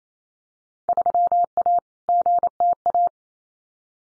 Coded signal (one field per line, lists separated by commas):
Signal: Morse code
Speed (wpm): 28 wpm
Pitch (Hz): 700 Hz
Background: none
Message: 3A GTA